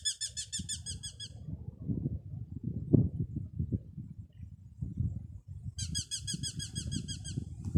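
Eurasian hobby calling in two bursts of fast, piercing kew notes at start and end, with steady low rumbling noise throughout.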